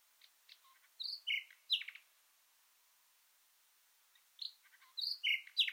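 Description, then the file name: Common nightingale song: two bursts of varied high chirps and short whistled notes, separated by a few seconds of quiet. "Luscinia megarhynchos"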